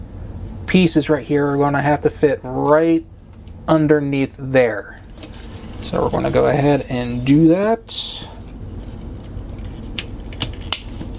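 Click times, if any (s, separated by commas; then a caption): 10.7 s. Someone talks while fitting plastic pieces of a Transformers Earthrise Snapdragon transforming figure underneath its body section, with light plastic handling clicks near the end. The pieces snap into place with a sharp click at 10.7 s, a really good sign that they are seated.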